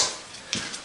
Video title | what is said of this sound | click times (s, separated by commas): Save $45-$55 Cabin Air Filter Change | and then it just slides in and clicks | 0.5 s